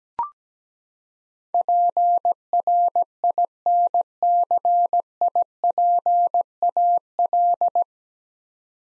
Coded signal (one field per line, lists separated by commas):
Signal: Morse code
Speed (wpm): 17 wpm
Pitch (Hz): 700 Hz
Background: none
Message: PRINCIPAL